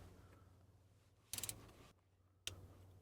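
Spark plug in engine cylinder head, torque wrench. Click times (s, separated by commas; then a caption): 2.5 s. A spark plug in the engine cylinder head of a BMW i3 REx is tightened with a click-type torque wrench until its first click. Over a steady low hum, a brief burst of rapid ticks comes at about 1.3 to 1.5 s, then a single sharp click at 2.5 s. The plug is confirmed torqued to spec.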